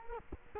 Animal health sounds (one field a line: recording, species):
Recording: mosquito wingbeat signal from an infrared sensor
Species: Culex quinquefasciatus